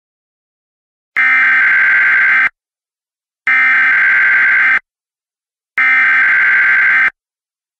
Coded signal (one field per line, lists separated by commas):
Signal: Emergency Alert System (SAME) tones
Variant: header bursts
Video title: EAS Severe Thunderstorm Warning (Boyd, KY, Lawrence, KY and OH, Cabell, WV, and Wayne, WV Counties)